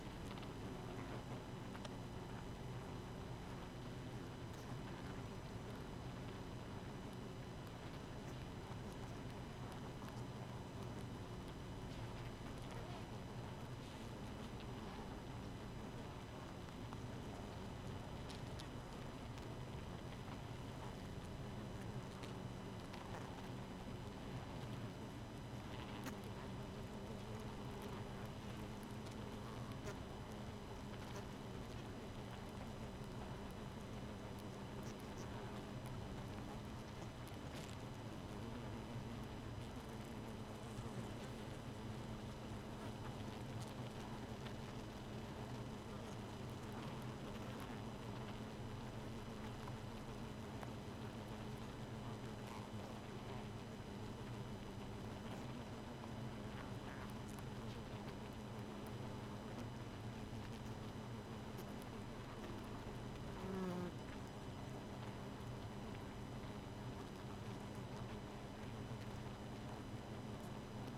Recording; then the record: honeybee colony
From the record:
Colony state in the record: missing queen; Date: 31 May 2018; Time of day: 0:20